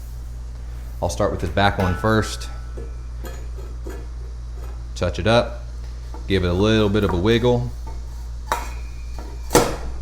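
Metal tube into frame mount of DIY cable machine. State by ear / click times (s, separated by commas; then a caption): seated / 8.5 s, 9.6 s. Someone talks while the back metal tube of a homemade cable machine is test-fitted into its frame mount and given a little wiggle, over a steady low hum. Sharp metallic clicks are heard at 8.5 s and 9.6 s as the tube pops into the fitting and seats.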